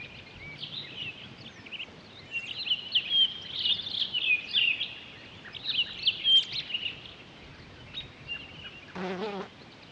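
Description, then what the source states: Townsend's solitaire singing a long jumble of clear, fluty warbles; a short low buzzing drone cuts in briefly near the end. On 23 October 2011.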